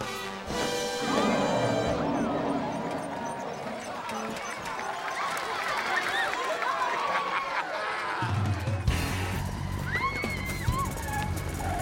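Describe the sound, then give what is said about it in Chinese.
A crowd claps and cheers steadily for about twelve seconds as a mighty brown bear is introduced, a dense wash of hand claps mixed with shouts and whoops, staying loud throughout with a brief shift in texture near the end. “掌声鼓励一下， 请看威猛的大棕熊。”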